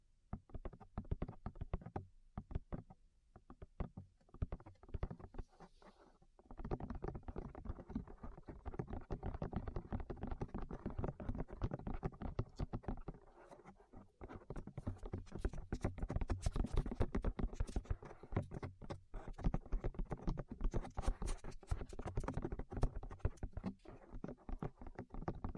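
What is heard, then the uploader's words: Ear tapping: a steady rain of quick taps and soft knocks, dense and irregular, with a dull thud under each. The first six seconds are sparser and quieter, then the tapping thickens and grows louder, pausing briefly around thirteen seconds before resuming. ASMR Tap Your Ears 3Dio (No Talking).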